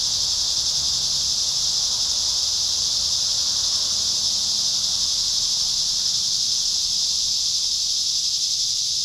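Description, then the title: Cicada song, a continuous high-pitched hissing drone from many insects together, even in loudness throughout without breaks. Cicadas at Trinity. "neoscenes: cicadas at Trinity"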